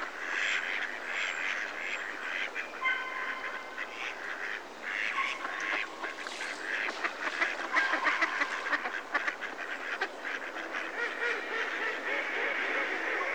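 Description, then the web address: Mallards calling, a dense, continuous chatter of overlapping quacks and nasal calls with no clear pause, plus a few brief higher squeaky notes. Close-up. "BBC Sound Effects Library. Mallard (Anas Platyrhynchos)"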